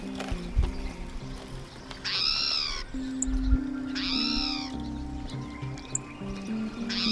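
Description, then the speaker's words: Spotted towhee giving three drawn-out, cat-like mewing notes, arched and rich in harmonics, over soft background music. Mew call; foothills near Boise. "A spotted towhee giving its mew call."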